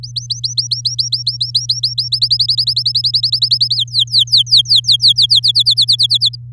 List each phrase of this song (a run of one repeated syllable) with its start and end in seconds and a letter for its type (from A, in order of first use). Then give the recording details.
0.03-2.08 A, 2.12-3.76 B, 3.77-5.40 C, 5.43-6.29 D. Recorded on 8 May 2018 at 13:03. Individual llb16